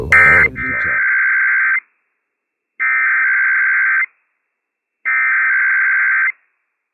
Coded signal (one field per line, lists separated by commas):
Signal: Emergency Alert System (SAME) tones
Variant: header bursts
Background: speech